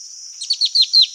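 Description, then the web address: Black-throated antbird song, a quick series of about six sharp downslurred notes, growing louder, over a steady high drone. South America. "Natures Songs S America Black-Throated Antbird"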